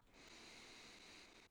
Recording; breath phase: one breath near a microphone; inhalation